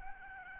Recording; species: mosquito wingbeat signal from an infrared sensor; Aedes albopictus